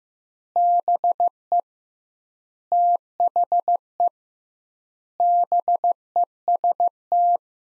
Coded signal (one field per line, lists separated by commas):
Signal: Morse code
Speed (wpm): 15 wpm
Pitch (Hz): 700 Hz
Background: none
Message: BE THE BEST